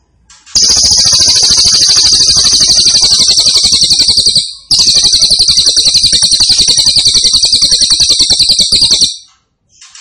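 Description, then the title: Grey-cheeked tit-babbler song: a loud, sustained buzzy trill of fast, even pulses, broken by one short pause midway, then stopping abruptly. Described as gacor, actively and vigorously singing, with a strong voice. "Cililin AMPUH"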